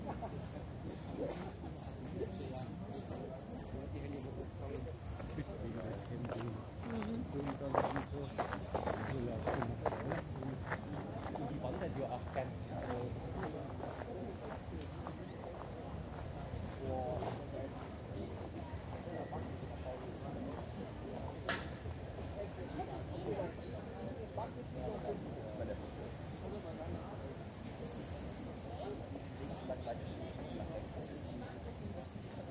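People pass by in Munich's Englischer Garten, with a steady, dense murmur of overlapping conversation throughout. Sharp knocks and taps scatter across it, clustering between about seven and twelve seconds, with a crisp crack near twenty-one seconds and a brief high beep around twenty-eight.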